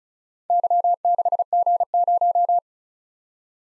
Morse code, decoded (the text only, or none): Y6G0